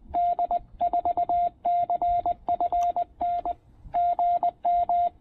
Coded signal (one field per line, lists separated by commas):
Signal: Morse code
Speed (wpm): 20 wpm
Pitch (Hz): 690 Hz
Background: radio noise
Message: D4CFN GM